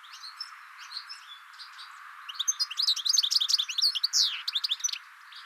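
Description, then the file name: European goldfinch with soft scattered notes at first, then a rapid, bright jumble of high twittering and liquid trills, with a sliding note near the end. "Carduelis carduelis"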